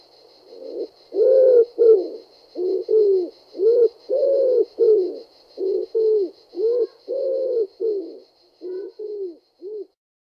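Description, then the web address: Common wood pigeon cooing, a series of low hoarse hooting phrases with a husky rhythmic pattern, over a faint high buzz. "Ringdue"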